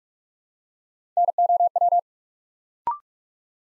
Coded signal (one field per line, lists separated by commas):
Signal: Morse code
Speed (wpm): 44 wpm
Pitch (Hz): 700 Hz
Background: none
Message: NOW